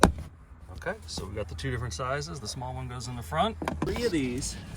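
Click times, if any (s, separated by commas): 0.0 s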